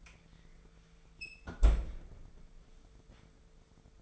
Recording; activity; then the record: daily activity, microphone in the room; close fridge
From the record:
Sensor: 5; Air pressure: 1014.9 hPa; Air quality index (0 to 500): 174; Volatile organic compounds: 6 ppm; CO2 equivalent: 1909 ppm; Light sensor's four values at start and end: 57/134/55/59 and 53/123/52/55